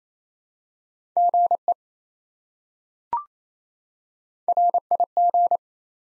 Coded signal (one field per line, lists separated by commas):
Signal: Morse code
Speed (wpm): 28 wpm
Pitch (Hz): 700 Hz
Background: none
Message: GE RIG